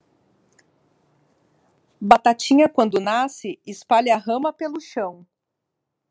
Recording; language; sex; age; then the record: short text; Brazilian Portuguese; female; 40 to 49 years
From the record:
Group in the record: control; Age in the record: 43 years